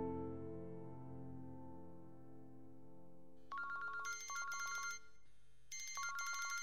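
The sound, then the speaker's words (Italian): A low, steady tonal drone gives way to a mobile phone ringtone: bright, high electronic notes trilling in quick repeated bursts, pausing briefly between phrases before ringing again. “dov'è il cellulare.”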